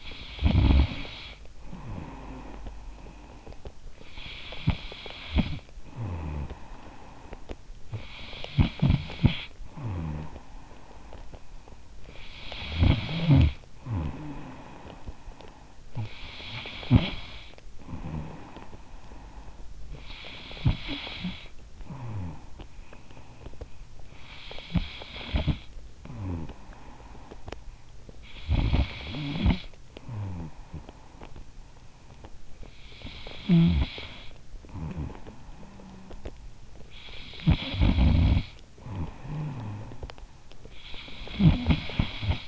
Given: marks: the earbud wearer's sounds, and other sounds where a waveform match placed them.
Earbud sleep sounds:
sounds in sleep by an in-ear microphone; snoring breath
0.00-32.29 s: snoring breath
32.29-42.48 s: snoring breath

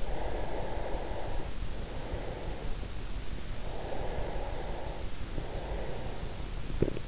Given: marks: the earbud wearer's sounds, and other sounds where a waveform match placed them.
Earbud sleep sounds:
sounds in sleep by an in-ear microphone; breath
0.00-2.89 s: breath
3.47-6.71 s: breath

